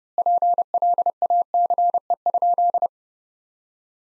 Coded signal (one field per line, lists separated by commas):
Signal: Morse code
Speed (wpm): 32 wpm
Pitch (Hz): 700 Hz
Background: none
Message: PLACE?